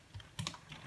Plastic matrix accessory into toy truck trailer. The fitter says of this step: that will just click right into here,